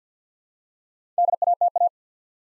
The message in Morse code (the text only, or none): DATA